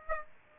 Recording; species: mosquito wingbeat signal from an infrared sensor; Aedes aegypti